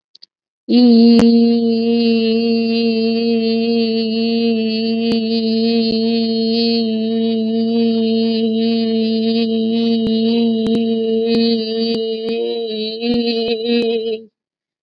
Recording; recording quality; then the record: sustained vowel as in beet; excellent, no background noise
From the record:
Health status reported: COVID-19 positive, mild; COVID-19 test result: positive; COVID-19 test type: rapid antigen test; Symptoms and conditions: cough, fever, fatigue, muscle pain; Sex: female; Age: 36 years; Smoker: no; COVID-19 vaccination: both doses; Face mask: worn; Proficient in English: yes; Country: India